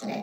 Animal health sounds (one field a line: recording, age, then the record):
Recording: pig call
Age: piglet (1 to 25 days)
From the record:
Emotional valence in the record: negative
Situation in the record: long isolation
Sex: female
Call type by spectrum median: low-frequency call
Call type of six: low-frequency stable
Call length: 0.23 s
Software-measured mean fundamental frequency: 71 Hz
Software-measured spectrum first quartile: 250 Hz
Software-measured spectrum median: 548 Hz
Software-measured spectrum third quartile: 1101 Hz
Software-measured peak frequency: 223 Hz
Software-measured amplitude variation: 101 dB a second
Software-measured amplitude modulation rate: 24.0 a second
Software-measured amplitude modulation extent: 4.2 dB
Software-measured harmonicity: 2.7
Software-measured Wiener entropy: -0.88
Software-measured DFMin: 1205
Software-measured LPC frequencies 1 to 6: 697, 2357, 3794, 4486, 5432, 6144 Hz